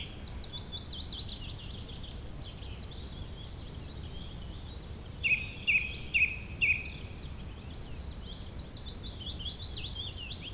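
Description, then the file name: Bird song: four sharp, repeated notes about half a second apart stand out from a background of thin high trills. "beautiful Birdsong"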